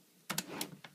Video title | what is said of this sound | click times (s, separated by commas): Windows 7 vs Windows 8 | so that just snaps back in | 0.3 s